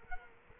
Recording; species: mosquito wingbeat signal from an infrared sensor; Culex quinquefasciatus